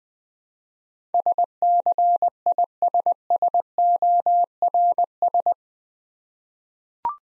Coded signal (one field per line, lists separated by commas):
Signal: Morse code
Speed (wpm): 20 wpm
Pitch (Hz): 700 Hz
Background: none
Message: SCISSORS